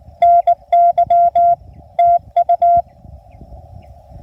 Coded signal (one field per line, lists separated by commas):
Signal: Morse code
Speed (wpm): 20 wpm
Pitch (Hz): 680 Hz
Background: none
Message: NY TU